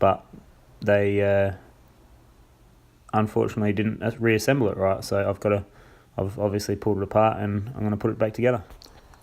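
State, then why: Not seated. A plastic volume spacer is being handled for clipping back up onto the shaft of a Trek Remedy mountain bike's rear shock, which was pulled apart because it had not been reassembled right. Someone talks throughout, with only two faint short ticks near 9.1 s and 9.3 s. The spacer has not clicked into place yet.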